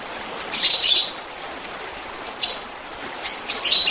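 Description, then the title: Oriental magpie-robin singing high, scratchy warbled phrases separated by a short sharp chirp, ending in a quick run of notes, over a steady background hiss. "Kicau Kacer"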